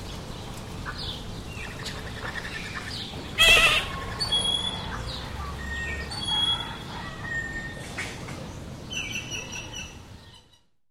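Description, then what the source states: Assorted birds chirp and whistle with high thin notes and short trills above running water, with a loud burst near three and a half seconds, then fading out. Several birds chirping beside a flowing water stream.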